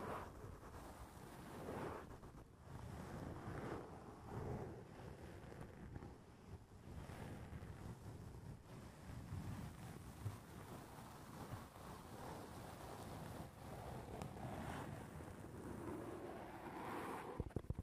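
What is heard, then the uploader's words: Dense, steady tapping on a foam house roof runs through the whole clip, a thick low rumble with a soft hissing wash above it. The level stays fairly even, with brief swells around two, seven, and fifteen seconds and a sharper knock near the end. Tapping on the roof of your foam house.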